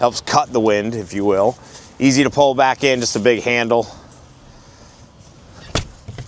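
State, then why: Seated. Someone talks as the fold-out front windshield of a Polaris Ranger UTV is pulled back in by its big handle and latched down onto the dashboard. After a quiet stretch, a single short click at 6.2 s marks the windshield locking to the dash.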